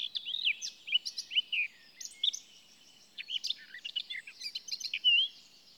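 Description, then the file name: Eurasian blackcap quick warbled song of varied chirps and curving whistles in busy bursts separated by brief lulls. "Sylvia atricapilla"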